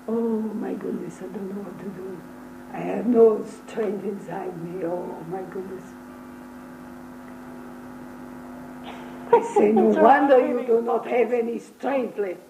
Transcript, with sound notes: Oh, my goodness I don’t know what to do, I have no strength inside me, oh my goodness. (Laughter) I say no wonder you do not have any strength left,